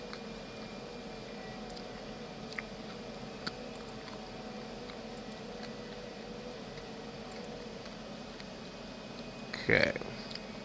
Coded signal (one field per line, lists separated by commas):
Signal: FT8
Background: speech